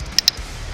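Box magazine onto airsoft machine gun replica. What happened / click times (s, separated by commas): The magazine's front end clicked into place / 0.2 s, 0.3 s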